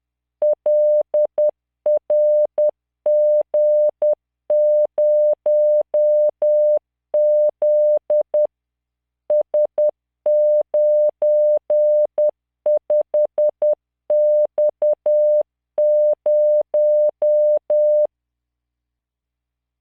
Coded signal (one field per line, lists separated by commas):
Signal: Morse code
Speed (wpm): 10 wpm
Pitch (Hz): 600 Hz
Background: none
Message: LRG0Z S95X0